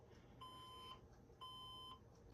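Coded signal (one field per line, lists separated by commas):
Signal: beep code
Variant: HP workstation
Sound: two steady half-second electronic beeps, one second apart, in a quiet room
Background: quiet room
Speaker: Wait until it does its beep sequence.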